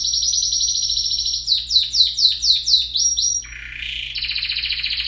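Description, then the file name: Canary song, a long high buzzy trill sliding into fast repeated descending notes, then a lower rattle and another steady trill, with a faint low hum throughout. "Canary Singing"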